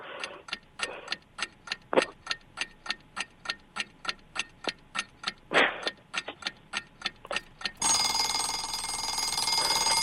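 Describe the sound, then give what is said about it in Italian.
A 30-second countdown clock timing a contestant's turn ticks in a steady, sharp rhythm of about two and a half clicks per second, then gives way abruptly to a loud, sustained buzzing alarm that swells slightly until the end. “quando sentite l'orologio, io sto zitto che non posso entrare nel vostro spazio, è il vostro spazio invalicabile, il Sancta Sanctorum che non posso profanare io.”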